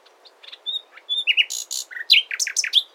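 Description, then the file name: Common nightingale song: a varied run of short whistles, clicks and buzzy high notes in quick succession, rising in intensity. "Luscinia megarhynchos"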